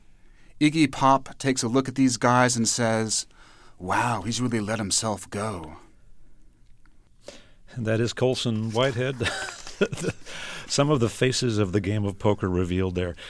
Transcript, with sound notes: Iggy Pop takes a look at these guys and says, wow, he's really let himself go.
That is Colson Whitehead (laughter). Some of the faces of the game of poker revealed there.